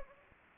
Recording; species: mosquito wingbeat signal from an infrared sensor; Anopheles gambiae